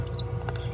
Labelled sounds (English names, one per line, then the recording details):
Green-rumped Parrotlet babbling
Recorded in a nest box in Venezuela
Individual 18B17A3